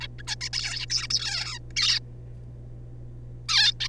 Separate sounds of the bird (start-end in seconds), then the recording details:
0.01-0.07, 0.18-0.22, 0.27-0.35, 0.41-0.49, 0.53-0.86, 0.90-1.07, 1.10-1.59, 1.76-1.99, 3.49-3.74, 3.80-3.88. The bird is a juvenile. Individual R3549